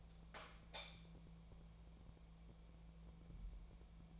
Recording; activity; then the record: daily activity, microphone in the room; light on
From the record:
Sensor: 1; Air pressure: 1000.0 hPa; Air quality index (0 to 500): 128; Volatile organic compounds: 2 ppm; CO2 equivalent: 1216 ppm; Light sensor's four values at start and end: 39/99/41/51 and 43/114/47/57